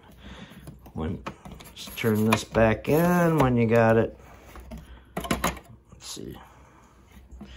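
Someone talks while twisting the plastic bottom cover of a Levoit LV-H132 air purifier back onto the purifier body over the newly replaced filter, lining it up. Short plastic handling knocks and scrapes come around 4.6–5.4 s. Nothing has seated or clicked yet.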